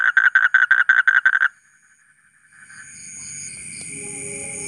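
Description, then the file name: Asian common toad gives a brief pulsed trill of several rasping notes, then stops; faint hiss and thin high tones follow. "suara kodok bangkong kolong kodok buduk"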